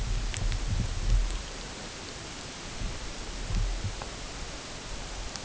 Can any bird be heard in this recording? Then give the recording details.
no. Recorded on Arctic tundra, site UTQI-8, on 16 June 2019. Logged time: 00:00